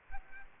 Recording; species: mosquito wingbeat signal from an infrared sensor; Aedes aegypti